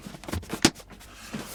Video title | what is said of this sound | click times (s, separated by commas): How to Switch Adapt the Battat Pop-A-Doodle-Doo Ball Popper - Switched Adapted Toys Tutorial | right, it kind of snaps into place a little bit, and then all we just need to do is screw in the screws on the bottom. | 0.6 s